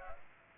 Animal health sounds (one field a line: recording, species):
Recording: mosquito wingbeat signal from an infrared sensor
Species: Culex pipiens